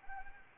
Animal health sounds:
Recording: mosquito wingbeat signal from an infrared sensor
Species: Anopheles arabiensis

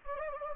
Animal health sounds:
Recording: mosquito wingbeat signal from an infrared sensor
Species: Anopheles gambiae

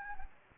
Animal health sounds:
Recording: mosquito wingbeat signal from an infrared sensor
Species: Anopheles gambiae

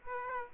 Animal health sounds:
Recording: mosquito wingbeat signal from an infrared sensor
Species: Aedes aegypti

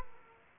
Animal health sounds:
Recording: mosquito wingbeat signal from an infrared sensor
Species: Aedes aegypti

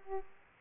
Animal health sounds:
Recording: mosquito wingbeat signal from an infrared sensor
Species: Aedes aegypti

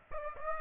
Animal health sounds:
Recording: mosquito wingbeat signal from an infrared sensor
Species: Aedes aegypti

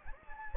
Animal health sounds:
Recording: mosquito wingbeat signal from an infrared sensor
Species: Anopheles gambiae

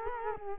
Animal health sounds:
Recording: mosquito wingbeat signal from an infrared sensor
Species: Culex quinquefasciatus

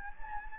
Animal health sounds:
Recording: mosquito wingbeat signal from an infrared sensor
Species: Anopheles gambiae

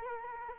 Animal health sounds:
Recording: mosquito wingbeat signal from an infrared sensor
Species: Culex quinquefasciatus

